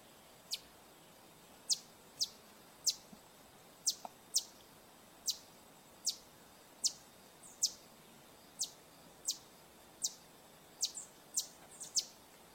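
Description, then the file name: Green honeycreeper repeating thin, high downward-slurred tsip notes about once a second, some in quick pairs, with a soft hiss behind. "Canto do sai verde"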